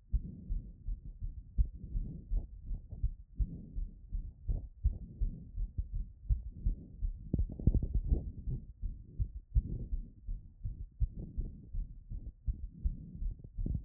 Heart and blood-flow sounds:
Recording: heart sounds by stethoscope after running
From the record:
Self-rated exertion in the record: moderate exertion (3 of 6)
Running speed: 7 mph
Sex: female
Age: 24 years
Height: 163 cm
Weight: 52 kg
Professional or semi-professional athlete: no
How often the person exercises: 1 to 2 times a week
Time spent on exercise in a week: under 1 hour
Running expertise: no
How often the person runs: 1 to 2 times a week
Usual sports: interval training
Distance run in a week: 5 km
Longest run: 3 km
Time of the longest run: 30 minutes

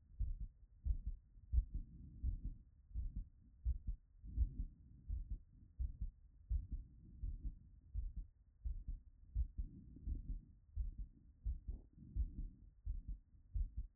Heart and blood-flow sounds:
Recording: heart sounds by stethoscope after running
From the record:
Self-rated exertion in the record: light exertion (2 of 6)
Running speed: 7 mph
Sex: male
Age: 27 years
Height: 185 cm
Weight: 76 kg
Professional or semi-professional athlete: no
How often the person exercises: over 5 times a week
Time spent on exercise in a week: over 5 hours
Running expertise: no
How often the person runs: over 5 times a week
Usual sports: running, weight training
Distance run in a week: 65 km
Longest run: 42 km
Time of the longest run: 214 minutes

